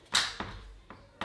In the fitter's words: you'll hear a click on each side